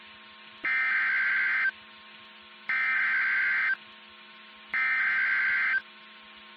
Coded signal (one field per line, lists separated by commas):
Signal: Emergency Alert System (SAME) tones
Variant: header bursts